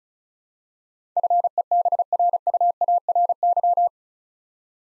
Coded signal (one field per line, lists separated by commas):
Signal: Morse code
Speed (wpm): 34 wpm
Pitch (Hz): 700 Hz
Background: none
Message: FEBRUARY